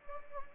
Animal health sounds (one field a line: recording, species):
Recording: mosquito wingbeat signal from an infrared sensor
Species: Anopheles gambiae